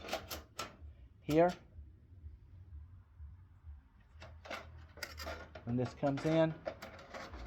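Someone talks while handling the removable front stopper bar of a homemade sluice/highbanker box, sliding it toward its slot in the box body, with a few short knocks and clatters along the way. Nothing has seated or clicked yet; the bar has not dropped into its slot or locked into place by the end of the clip.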